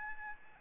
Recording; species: mosquito wingbeat signal from an infrared sensor; Aedes albopictus